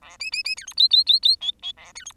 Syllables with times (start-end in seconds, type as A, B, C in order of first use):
0.02-0.17 A, 0.20-0.30 B, 0.32-0.43 B, 0.44-0.55 B, 0.56-0.66 C, 0.67-0.74 D, 0.77-0.88 E, 0.90-1.04 E, 1.06-1.20 E, 1.22-1.36 E, 1.41-1.51 F, 1.62-1.72 F, 1.77-1.93 A, 1.95-2.05 C, 2.05-2.12 D